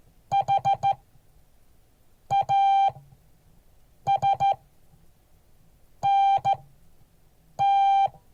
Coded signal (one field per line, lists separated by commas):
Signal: Morse code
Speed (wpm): 13 wpm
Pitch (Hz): 790 Hz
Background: none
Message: HASNT